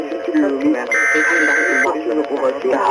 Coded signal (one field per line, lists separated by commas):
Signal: Emergency Alert System (SAME) tones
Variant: header bursts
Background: speech